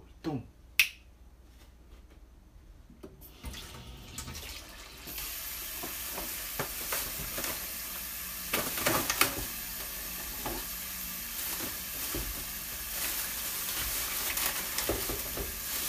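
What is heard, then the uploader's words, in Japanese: Okonomiyaki cooking on a griddle. After a few sharp clicks and knocks in the first seconds, a steady bright sizzle rises around four to five seconds and holds to the end, dotted with small pops and scraping taps, and a few soft voice-like sounds. お好み焼きを焼く。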